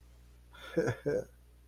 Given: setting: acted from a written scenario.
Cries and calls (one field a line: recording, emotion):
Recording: vocal sound without words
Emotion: embarrassment